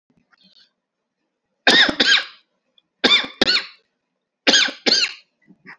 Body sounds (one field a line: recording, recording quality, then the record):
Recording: shallow voluntary cough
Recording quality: excellent, no background noise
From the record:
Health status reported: COVID-19 positive, mild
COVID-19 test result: positive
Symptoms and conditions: fatigue, loss of smell and taste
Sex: male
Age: 35 years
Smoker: not ticked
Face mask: worn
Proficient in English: yes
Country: India